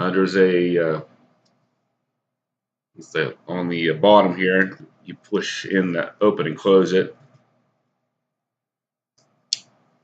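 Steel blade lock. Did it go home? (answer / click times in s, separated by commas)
yes / 9.5 s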